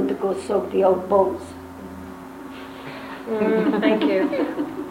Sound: laughter